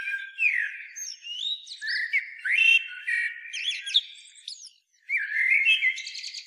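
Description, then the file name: Eurasian blackbird song of rising and falling whistled notes and squeaky flourishes, a brief gap near five seconds, then another warbled phrase. "Turdus merula"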